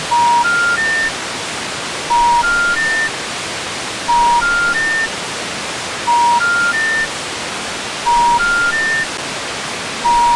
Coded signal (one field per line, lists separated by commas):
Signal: telephone call progress tone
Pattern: special information tone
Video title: [REUPLOAD] 1960s EAS Alert Scnario